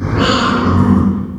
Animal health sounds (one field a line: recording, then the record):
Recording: squeal of a Yucatan mini pig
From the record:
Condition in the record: after surgery on the right vocal fold (resection and tissue-engineered implant)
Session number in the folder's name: 16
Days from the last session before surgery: 183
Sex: female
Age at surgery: 19 weeks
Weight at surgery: 25 kg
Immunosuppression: prednisolone